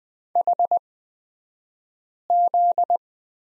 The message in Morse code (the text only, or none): HZ